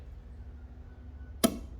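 A click-type torque wrench tightens a new spark plug into the aluminium cylinder head of a 2017 BMW 340i (B58 engine) during a spark plug replacement. After quiet low background hum, the wrench gives one sharp click at 1.4 seconds with a brief ringing tail. The click means the wrench has reached its set torque.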